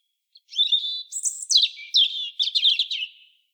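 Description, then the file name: European robin singing a short, liquid, varied phrase of high whistles that jump in pitch, closing with rapid twittering notes; no other sounds. "Erithacus rubecula"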